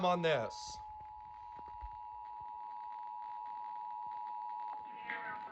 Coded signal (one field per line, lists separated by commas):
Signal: Emergency Alert System (SAME) tones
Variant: 853 and 960 Hz attention tone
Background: speech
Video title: Maryland Required Monthly Test on WMZQ-FM & WWDC-FM (3/25/26)